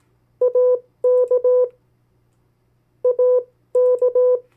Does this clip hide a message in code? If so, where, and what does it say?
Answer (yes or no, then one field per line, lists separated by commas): yes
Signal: Morse code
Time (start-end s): 0.4-4.4 s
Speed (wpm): 18 wpm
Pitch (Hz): 500 Hz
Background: none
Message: AK AK